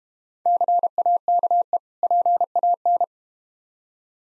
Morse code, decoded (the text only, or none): CAKE PAN